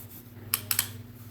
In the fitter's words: If you hear those little clicks, that's it locking in.